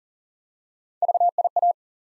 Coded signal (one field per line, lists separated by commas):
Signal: Morse code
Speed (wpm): 38 wpm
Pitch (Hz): 700 Hz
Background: none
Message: VIA